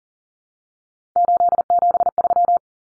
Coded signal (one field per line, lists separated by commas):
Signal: Morse code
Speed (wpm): 40 wpm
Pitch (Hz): 700 Hz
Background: none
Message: 873